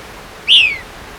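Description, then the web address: White-crested Elaenia call: a single short note that rises briefly then slurs downward, with a faint steady hiss behind it. Recorded in Ecuador. "Birds of Ecuador 2. White-Crested Elaenia"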